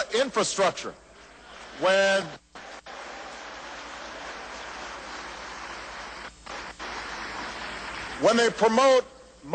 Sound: applause